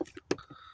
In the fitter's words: bits that stick out so let's slide her in make sure that they lock into place